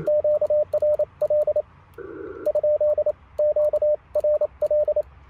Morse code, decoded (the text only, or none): QRL ? QRL